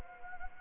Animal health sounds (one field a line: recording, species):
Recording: mosquito wingbeat signal from an infrared sensor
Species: Anopheles gambiae